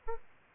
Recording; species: mosquito wingbeat signal from an infrared sensor; Aedes albopictus